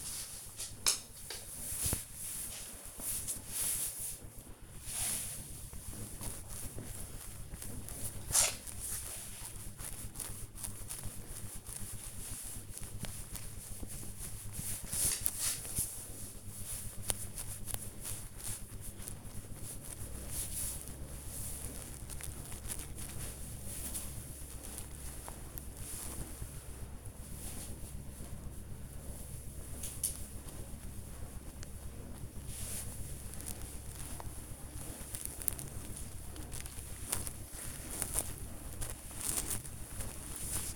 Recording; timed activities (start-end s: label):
household activities, microphone on the right wrist
0.00-40.76 s: petting the dog